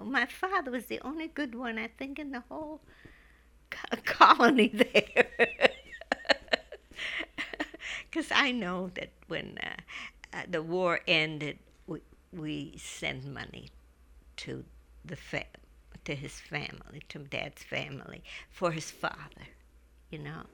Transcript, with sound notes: My father was the only good one, I think, in the whole colony there. ( she laughs ) Because I know that when the war ended we sent money to the family, to his family, to dad's family, for his father, you know.